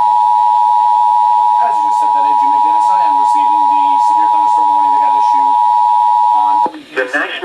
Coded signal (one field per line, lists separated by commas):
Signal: Emergency Alert System (SAME) tones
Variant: 853 and 960 Hz attention tone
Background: speech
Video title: THUNDER HERE, THUNDER THERE! EAS Alerts from 6/13/17 (EAS #233 - 260)